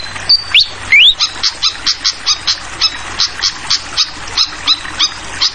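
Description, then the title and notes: Fantail song with two rising whistles, then a rapid run of evenly spaced sharp high notes, against a steady background of running water. Tutoring track (masteran) for training songbirds, featuring a clear-voiced fantail mixed with the sound of flowing water. "Masteran Sikatan Kipas Suara Jernih Dan Suara Gemericik Air. Suara Burung Sikatan Londo"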